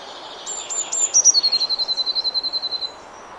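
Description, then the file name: Eurasian blue tit giving a few thin, very high whistled notes, then a fast, even trill on a lower pitch lasting about one and a half seconds. "Cyanistes caeruleus"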